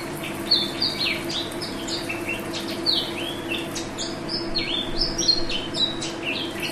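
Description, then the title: Oriental magpie-robin song: a run of varied whistled notes and quick slurred phrases, rising and falling, over a steady low hum. "Kicau Kacer"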